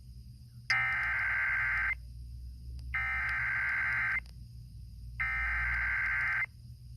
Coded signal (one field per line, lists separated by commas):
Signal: Emergency Alert System (SAME) tones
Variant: header bursts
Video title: SVR on 104.1 WIKY-FM (EAS #109)